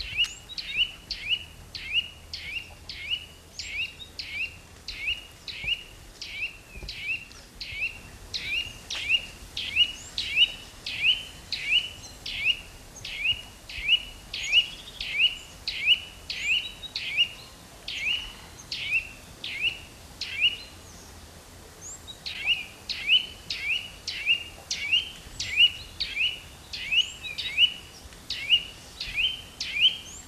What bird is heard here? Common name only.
Eurasian Nuthatch